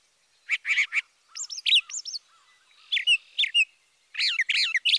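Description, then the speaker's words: Brown Thrasher song: a series of varied phrases of harsh notes and slurred whistles, separated by short pauses. Typically repeats phrases once or twice; Thoreau rendered the song as 'drop it, cover it up, cover it up, pull it up, pull it up, pull it up'. "listen to the brown thrasher, and remember to count the number of repetitions."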